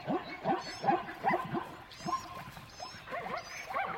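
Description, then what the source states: Dogs yelping in quick repeated bursts, about two or three per second. Dogs in a savannah soundscape.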